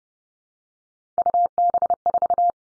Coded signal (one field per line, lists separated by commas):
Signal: Morse code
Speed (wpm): 30 wpm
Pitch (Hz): 700 Hz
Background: none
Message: UB4